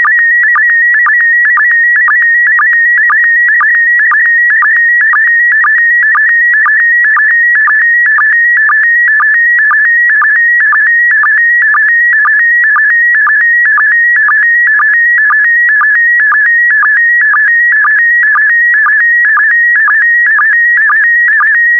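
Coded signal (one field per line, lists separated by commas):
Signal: SSTV (slow-scan television)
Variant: PD120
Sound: steady warbling whistle near 2 kHz with rhythmic low chirps about twice a second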